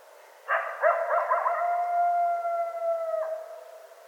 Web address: sounds mammals Coyote 2013 01 25 Coyotes 01